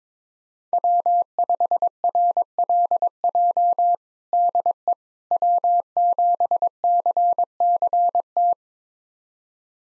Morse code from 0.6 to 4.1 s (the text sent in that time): W5RLJ